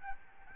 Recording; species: mosquito wingbeat signal from an infrared sensor; Aedes albopictus